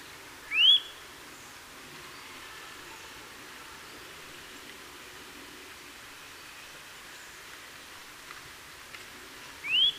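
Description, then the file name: Eurasian nuthatch giving one quick rising whistle at the start and another at the very end, with near silence and light hiss between. "Sitta europaea"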